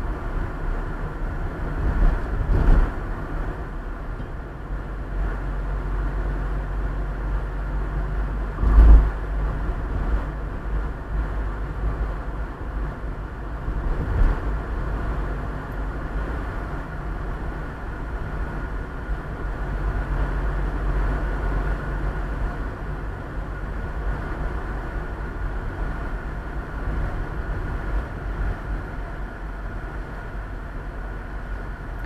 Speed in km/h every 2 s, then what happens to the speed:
49, 46, 45, 45, 47, 47, 47, 47, 46, 45, 45, 45, 43, 40, 35, 28.
0-22 steady at about 46. 22-32 slows to 28.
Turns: none.